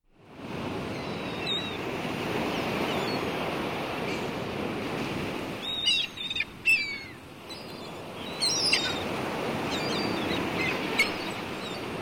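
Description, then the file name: Gulls give a few brief, harsh, screaming calls scattered throughout over a steady roar of sea surf. "CHaiki krichat nad shumom morya"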